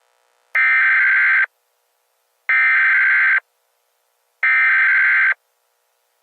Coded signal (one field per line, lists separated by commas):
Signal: Emergency Alert System (SAME) tones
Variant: header bursts